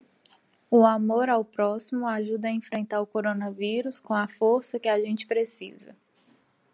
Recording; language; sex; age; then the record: spoken sentence; Brazilian Portuguese; female; 20 to 29 years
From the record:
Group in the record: control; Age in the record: 24 years